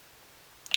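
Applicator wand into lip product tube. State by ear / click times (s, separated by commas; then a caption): seated / 0.7 s. A silicone-tipped applicator wand is pushed down into a plastic GlamGlow Plumprageous lip plumper tube. After quiet background, two short sharp clicks come at 0.7 s and a louder one at 0.7 s (0.66 and 0.74 s), and the wand is seated in the tube.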